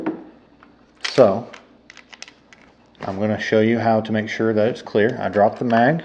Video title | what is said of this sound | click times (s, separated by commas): Keltec Sub 2000 9mm (Glock 19 compatible) | the gun will unfold until you hear a snap okay | 1.1 s